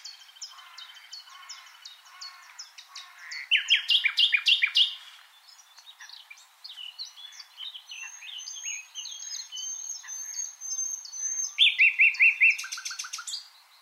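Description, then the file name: Common nightingale song mixing quick repeated notes, a long series of thin high notes and bursts of rapid trills. "Luscinia megarhynchos"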